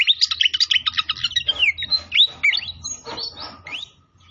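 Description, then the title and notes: Pied fantail song, a fast run of squeaky chirps and upslurred whistles, then scattered sweeping notes, over a steady low hum. Masteran training recording of clear-voiced song mixed with the sound of gurgling water. "Masteran Sikatan Kipas Suara Jernih Dan Suara Gemericik Air. Suara Burung Sikatan Londo"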